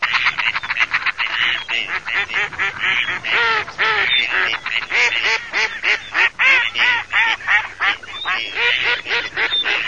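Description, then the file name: Gadwalls giving many nasal, rasping quacks in a dense, rapid chorus, the calls overlapping almost continuously throughout. "GERMANOCANAPIGLIA"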